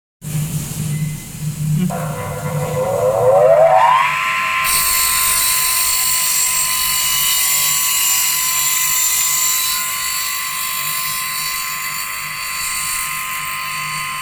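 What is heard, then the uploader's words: A woodcutting saw blade spins up during the first few seconds, its whine rising steeply in pitch before settling into a steady high-pitched scream. The tone then holds constant and loud for the rest of the clip over a low motor hum. Woodcutting saw blade.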